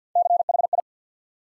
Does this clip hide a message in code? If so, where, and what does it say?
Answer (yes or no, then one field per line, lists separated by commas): yes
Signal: Morse code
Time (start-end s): 0.2-0.8 s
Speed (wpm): 49 wpm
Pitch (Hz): 700 Hz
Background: none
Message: CHI